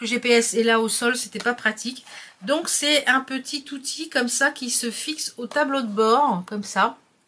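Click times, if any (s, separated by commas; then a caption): none. A woman talks while handling a plastic phone holder that clips onto a car dashboard mount, shown to demonstrate how it attaches. Only speech is heard, and the holder has not yet seated or clicked into place.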